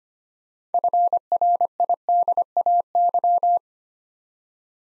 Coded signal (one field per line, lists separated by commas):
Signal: Morse code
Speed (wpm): 25 wpm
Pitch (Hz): 700 Hz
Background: none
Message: FRIDAY